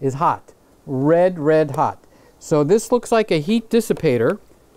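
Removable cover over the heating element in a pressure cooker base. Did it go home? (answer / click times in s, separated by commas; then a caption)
no / none. Someone talks while handling the removable protective cover over the hot heating element in the base of a 2021 Instant Pot Pro pressure cooker, which can be taken out to wash after spills. The cover has not seated or clicked into place yet.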